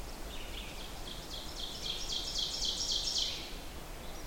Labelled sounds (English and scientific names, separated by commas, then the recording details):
Ovenbird (Seiurus aurocapilla) song
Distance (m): 40 m
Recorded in boreal forest in Alberta, Canada, on 14 June 2016 at 08:25
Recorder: SongMeter 3, array SBT-3-33
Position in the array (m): 108 m, 136 m
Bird 21